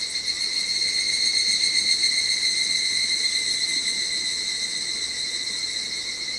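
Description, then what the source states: Evening cicada song: a continuous high, ringing, finely pulsing tone holding steady throughout with slight wavering in loudness. On 25 July 2010, captured with a digital camera.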